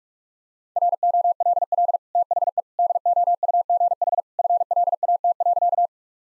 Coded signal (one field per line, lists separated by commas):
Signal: Morse code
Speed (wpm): 46 wpm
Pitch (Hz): 700 Hz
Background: none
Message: ROLL THE DOUGH FLAT.